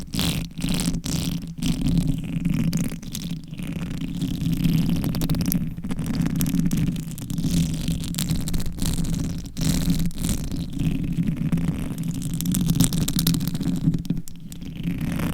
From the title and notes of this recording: ASMR Reverse Mic Scratching - Brain Scratching for 100% SLEEP - No Talking with Long Nails.